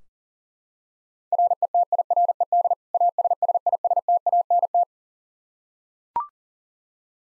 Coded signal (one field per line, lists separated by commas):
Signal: Morse code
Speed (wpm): 40 wpm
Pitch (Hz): 700 Hz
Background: none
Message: RETIRED ASSISTANT